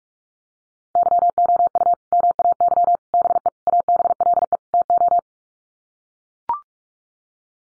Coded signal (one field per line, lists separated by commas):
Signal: Morse code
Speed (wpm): 44 wpm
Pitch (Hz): 700 Hz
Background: none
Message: YOU MAY BE ABLE TO